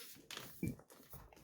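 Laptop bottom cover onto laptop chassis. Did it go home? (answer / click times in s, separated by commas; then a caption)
no / none. A metal laptop bottom cover is set back onto a Dell Precision 5520 laptop chassis and lined up before being pressed on so its edge clips can catch. Light scraping and handling knocks are heard, the loudest around 0.3 s and 0.6–0.7 s. Nothing has clicked or seated yet.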